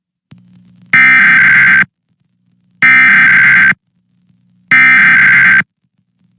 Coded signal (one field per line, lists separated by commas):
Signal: Emergency Alert System (SAME) tones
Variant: header bursts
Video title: Orange County Required Monthly Test 10/4/21 EAS (#512-518)